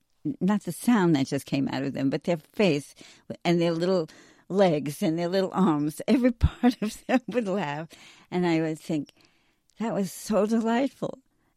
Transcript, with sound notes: not the sound that just came out of them, but their face w- and their little legs and their little arms. Every part of them would laugh, (laughs) and I would think, "That was so delightful